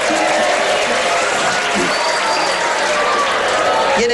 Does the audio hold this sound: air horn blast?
no